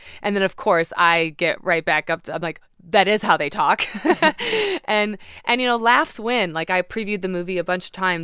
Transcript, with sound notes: And then, of course, I get right back up. I'm like, that is how they talk (laughter) And, you know, laughs win. Like, I previewed the movie a bunch of times.